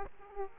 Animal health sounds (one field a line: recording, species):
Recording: mosquito wingbeat signal from an infrared sensor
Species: Aedes aegypti